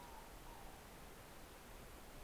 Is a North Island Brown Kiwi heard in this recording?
no